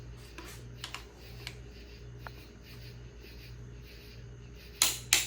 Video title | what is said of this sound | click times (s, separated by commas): HEADS UP! Big Block Chevy Heads Installed and Valve Lash For Solid Lifter Cam | hear that Hard Solid snap | 4.8 s, 5.1 s